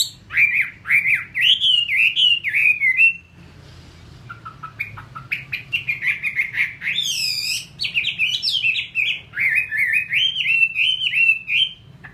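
Chinese hwamei song of rapid, looping whistled notes, broken by a short pause, then a fresh stream of rich phrases with a few higher squeaky notes. A low hum sits beneath.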